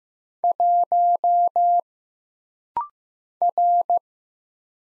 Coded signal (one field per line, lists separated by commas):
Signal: Morse code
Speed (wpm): 15 wpm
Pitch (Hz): 700 Hz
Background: none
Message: 1 R